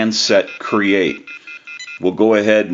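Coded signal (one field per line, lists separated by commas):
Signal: telephone call progress tone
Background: speech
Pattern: off-hook warning tone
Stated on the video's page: Tones from a GE 27909 two-handset cordless telephone during checkout and repair.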